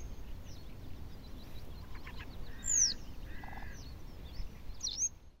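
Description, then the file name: Citrine wagtail calls: two sharp, high downslurred notes, with short buzzy notes after the first, over a steady background hiss. "pliszka cytrynowa"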